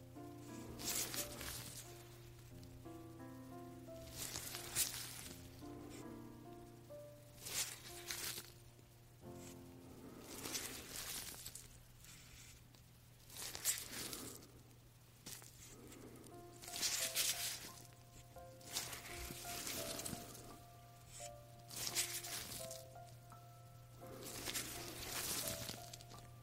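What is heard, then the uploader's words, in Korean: Hands in latex gloves move and rub, making bursts of bright, hissy rustling and squeaking every couple of seconds with short quiet gaps between. Faint tonal squeaks run under some strokes, and a steady low hum continues throughout. ASMR 잠이 오는 라텍스 장갑 핸드 무브먼트 l hand movement asmr.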